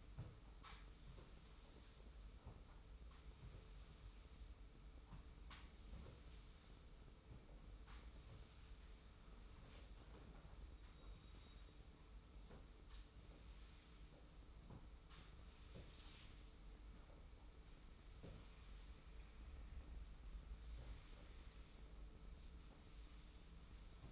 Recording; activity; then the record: daily activity, microphone in the room; sweep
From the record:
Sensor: 1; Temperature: 25.3 degrees Celsius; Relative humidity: 41.5%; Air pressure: 991.4 hPa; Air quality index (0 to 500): 127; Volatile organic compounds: 318 ppm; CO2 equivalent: 4520 ppm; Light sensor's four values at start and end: 42/127/51/53 and 42/128/51/53